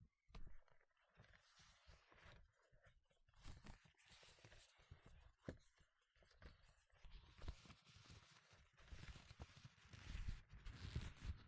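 Gloves rustle, rub and flap in an uneven stream of soft scuffs and sharper slaps, with brief pauses between bursts of handling.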